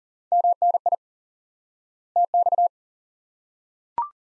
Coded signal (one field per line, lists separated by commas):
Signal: Morse code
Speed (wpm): 40 wpm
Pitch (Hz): 700 Hz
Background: none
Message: MNI TX